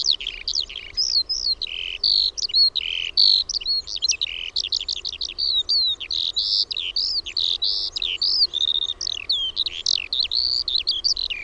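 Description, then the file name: Eurasian skylark song, a long unbroken flow of high warbled chirps, trills and slurred whistles pouring out rapidly without pause. "KIURU"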